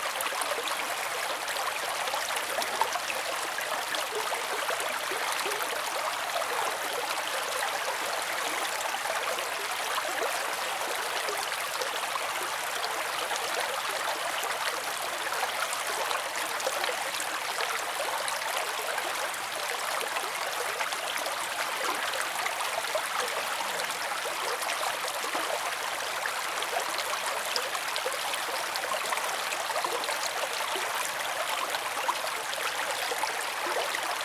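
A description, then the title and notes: A brook runs steadily and close by, its bright, dense trickling and splashing holding an even level throughout with little low rumble. Napping Near the Calming Brook.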